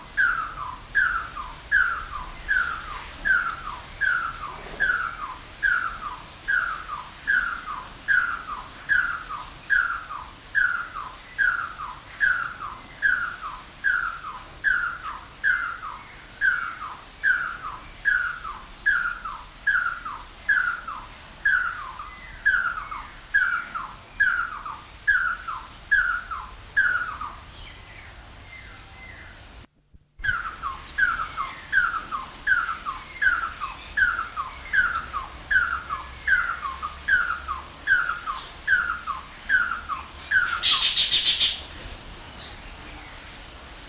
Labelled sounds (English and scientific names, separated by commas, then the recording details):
Red-and-yellow Barbet (Trachyphonus erythrocephalus) call
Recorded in captivity
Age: adult
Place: Zoo Berlin, Berlin, DE
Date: 1993-03-20 12:39
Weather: 5-8 ° C, böiger Wind
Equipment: Marantz CP 430, Sennheiser ME 80, Kopie Uher Variocord 263
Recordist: Tembrock, Günter